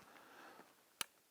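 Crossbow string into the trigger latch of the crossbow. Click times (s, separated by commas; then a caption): 1.0 s. The string of an Excalibur Hybrid X crossbow, set in a shooting tripod, is cranked all the way back with its built-in crank, giving soft, faint rustling at first. A single sharp, bright click comes at 1.0 s as the string latches and locks into the trigger mechanism, and then it goes quiet. The string is seated and the crossbow is cocked.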